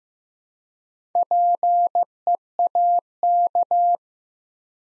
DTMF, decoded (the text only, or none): none